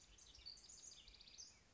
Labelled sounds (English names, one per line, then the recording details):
House Wren
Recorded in Sonoma County, California